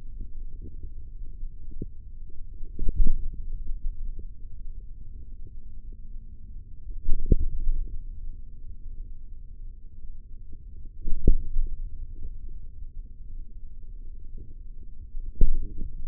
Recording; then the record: forearm muscle sounds (acoustic myography)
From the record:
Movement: hand opening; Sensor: system 3, bracelet of six PUI Audio POM-2738L microphones around the upper forearm, with dedicated amplification and filtering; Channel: 2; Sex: male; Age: 55 years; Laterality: right